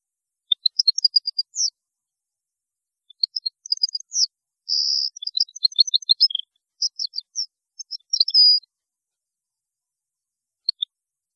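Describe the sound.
European goldfinch song: liquid twittering phrases broken by brief buzzy rattles and trills, several pauses, ending with two isolated chirps.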